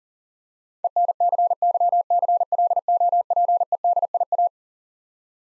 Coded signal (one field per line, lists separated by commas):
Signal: Morse code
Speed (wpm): 37 wpm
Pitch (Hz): 700 Hz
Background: none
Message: ENCYCLOPEDIA